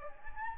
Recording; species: mosquito wingbeat signal from an infrared sensor; Anopheles gambiae